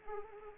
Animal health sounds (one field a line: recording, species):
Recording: mosquito wingbeat signal from an infrared sensor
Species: Anopheles arabiensis